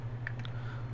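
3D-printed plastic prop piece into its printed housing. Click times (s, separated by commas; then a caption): 0.3 s. A 3D-printed plastic piece of an Iron Man prop is pressed into its mating 3D-printed plastic housing and snaps into place. A short, sharp click at 0.3 s is followed by two softer ticks at about 0.4 s and 0.5 s, over a steady low hum. The part is seated.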